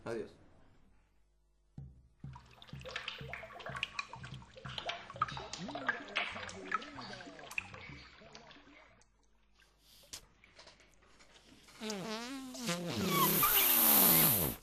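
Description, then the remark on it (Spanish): Wet, bubbling fart sounds made during a farting contest: a run of buzzy, sputtering pulses with wobbling pitch, ending in a louder, warbling, gurgly stretch. “El mío sale así porque tiene agüita. El agüita le va cayendo, viste, que te hace como burbuja.”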